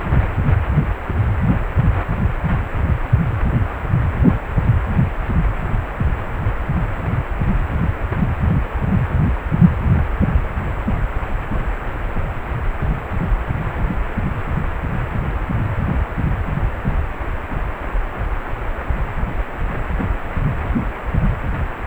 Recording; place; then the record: Doppler ultrasound of blood flow; precordium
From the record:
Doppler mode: pulsed wave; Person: healthy adult, 18 to 50 years, no heart murmur, not diving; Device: 2.5 MHz transducer